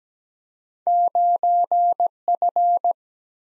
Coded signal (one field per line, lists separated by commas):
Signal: Morse code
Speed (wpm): 17 wpm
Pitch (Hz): 700 Hz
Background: none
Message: 9 F